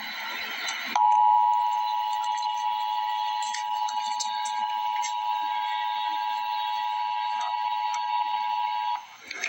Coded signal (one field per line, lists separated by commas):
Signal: Emergency Alert System (SAME) tones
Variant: 853 and 960 Hz attention tone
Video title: Emergency Alert System - Severe Thunderstorm Warning - Jul 28, 2025 at 5:06 PM EDT